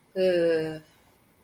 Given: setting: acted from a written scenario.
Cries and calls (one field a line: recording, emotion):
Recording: vocal sound without words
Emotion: shame